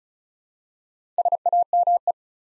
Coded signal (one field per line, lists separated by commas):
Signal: Morse code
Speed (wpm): 36 wpm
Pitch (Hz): 700 Hz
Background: none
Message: SAME